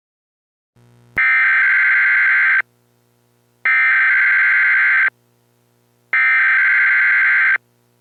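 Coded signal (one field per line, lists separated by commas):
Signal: Emergency Alert System (SAME) tones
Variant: header bursts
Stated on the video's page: Fictional EAS mock.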